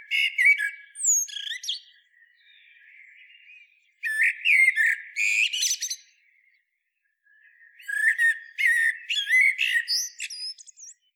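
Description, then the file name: Common blackbird singing three phrases, each a mellow fluted warble ending in a squeaky, scratchy high twitter, with fainter song between. "Turdus merula"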